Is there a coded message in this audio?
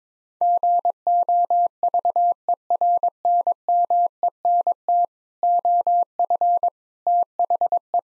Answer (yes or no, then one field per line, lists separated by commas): yes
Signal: Morse code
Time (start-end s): 0.4-8.0 s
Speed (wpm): 22 wpm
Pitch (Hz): 700 Hz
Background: none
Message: GOVERNMENT OF THE